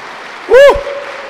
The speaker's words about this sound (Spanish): Aplauso.